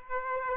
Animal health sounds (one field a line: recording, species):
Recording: mosquito wingbeat signal from an infrared sensor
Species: Aedes aegypti